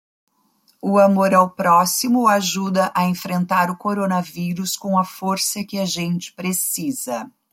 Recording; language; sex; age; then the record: spoken sentence; Brazilian Portuguese; female; 50 to 59 years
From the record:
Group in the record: control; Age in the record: 53 years